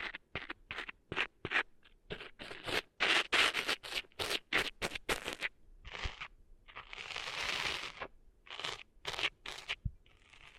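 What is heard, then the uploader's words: Ear cleaning ASMR: a run of quick, bright scratching and scraping strokes in uneven bursts, most tightly packed between one and five seconds. After that the strokes turn into longer, softer rubs, with a drawn-out rustle near seven to eight seconds and a few sharp clicks. ASMR Cleaning Sand Out of Your Ears (No Talking).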